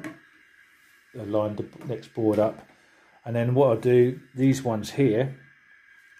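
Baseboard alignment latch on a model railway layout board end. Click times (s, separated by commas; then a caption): 0.0 s. A baseboard alignment latch on the end of a model railway layout board locks into place as two layout baseboards are joined, giving a short wooden knock at 0.0 s. Someone then talks for the rest of the clip.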